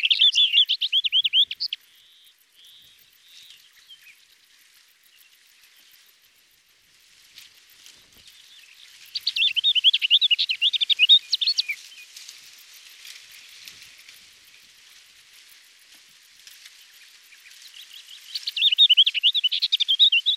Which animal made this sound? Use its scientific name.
Sylvia curruca